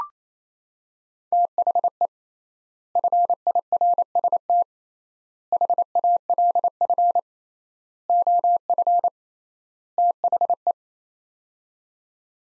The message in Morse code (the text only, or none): THE FIRST HALF OF THE